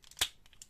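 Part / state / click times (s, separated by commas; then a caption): plastic fixing tabs clipping onto the sides of a transforming robot toy / seated / 0.2 s. While forming the face of a Transformers G1 Encore 23 Fortress Maximus robot toy, its plastic fixing tabs are rotated and clipped onto the sides of the part. A sharp, bright snap with a low thump lands at 0.2 s, surrounded by faint small plastic ticks before and after. The tabs seat at 0.2 s.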